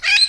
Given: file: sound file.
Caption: note D emitted by a Lilac-crowned Amazon.